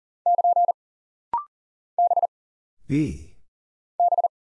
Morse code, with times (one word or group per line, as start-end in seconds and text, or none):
0.3-0.7 <KN>
2.0-2.3 B
4.0-4.3 B